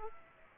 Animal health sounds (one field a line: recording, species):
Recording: mosquito wingbeat signal from an infrared sensor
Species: Aedes aegypti